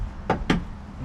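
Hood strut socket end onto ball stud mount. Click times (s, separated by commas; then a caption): 0.3 s, 0.5 s. A gas hood strut's socket end on a 2018 Nissan Pathfinder is pressed onto its mounting ball stud. Two sharp pops are heard at 0.3 s and 0.5 s as it snaps fully into place and seats.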